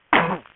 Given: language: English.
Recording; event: throat vibration sensor signal played as sound; cough